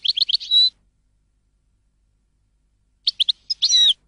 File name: audio burung goldfinch